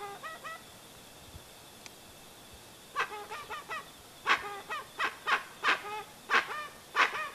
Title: Pavanegra. Pava de Monte o Pava Oscura Cantando Sonido para Llamar